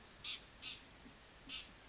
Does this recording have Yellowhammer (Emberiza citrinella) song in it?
no